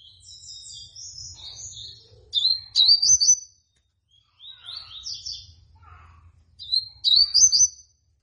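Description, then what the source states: Seedeater singing high twittering phrases, softer buzzy runs alternating with loud sharp ringing bursts, a faint low hum underneath. Tui tui song style; bird described as 'fibra'.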